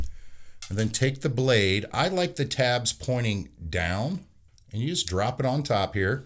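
A single-edge razor blade, tabs pointing down, is handled and dropped toward the magnetic seat on the metal head of an American-made BlackOut Proof safety razor, with its top cap already removed. Someone talks throughout. The blade has not seated or clicked yet.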